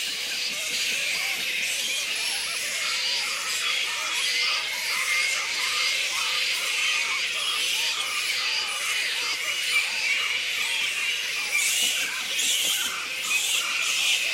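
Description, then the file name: Black flying foxes squeaking as a colony, a dense, unbroken chatter of high shrill squeaks. "black fruit bats -pteropus alecto colony squeaks"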